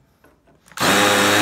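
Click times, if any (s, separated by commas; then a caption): 0.2 s, 0.7 s. A power driver bit forces a steel screw that will not advance. Faint ticks at 0.2 s and 0.7 s are followed from about 0.8 s by a loud, steady whirring grind as the bit spins against the screw head. The screw head is stripped and ruined, and would have to be pulled out with pliers.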